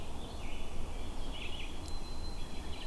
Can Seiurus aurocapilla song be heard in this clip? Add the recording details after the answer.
no. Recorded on 21 June 2016 at 08:06. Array SBT-6-76